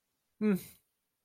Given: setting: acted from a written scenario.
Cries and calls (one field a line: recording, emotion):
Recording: vocal sound without words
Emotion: neutral